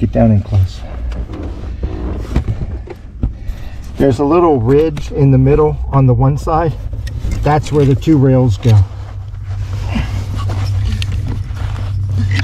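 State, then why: Seated. Someone talks while a plastic harness connector for a Madness Autoworks GOPedal Plus on a 124 Spider is slid along its guide rails into its mating socket at the pedal. A sharp snap at 11.0 s confirms the connector is seated.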